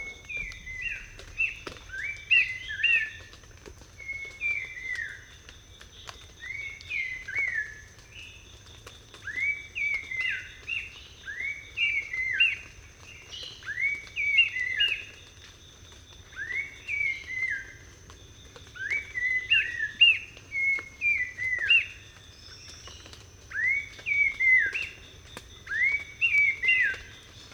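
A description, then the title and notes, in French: An Abbott's babbler sings in a forest, repeating short, clear phrases of a few rising and falling whistled notes roughly every two to three seconds. The song is bright. A faint steady high hiss of insects and a low rumble continue underneath. Un oiseau au chant magnifique l'Akalat d'Abbott (Malacocinchla abbottii) enregistré dans la forêt des Cardamones à l'ouest du Cambodge. Camouflé dans le sous-bois j'ai pu l'écouter le matin vers 6h30.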